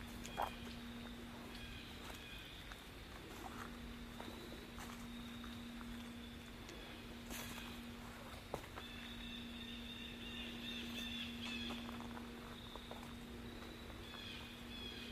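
An outdoor nature walk in fall, carried by a steady low hum that runs the whole fifteen seconds, probably an engine, under a thin, even chirring high above. Occasional short snaps or clicks break in, near the start and again around seven, eight and twelve seconds.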